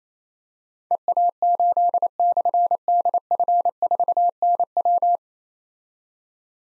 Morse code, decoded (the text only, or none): EA8/DF4NW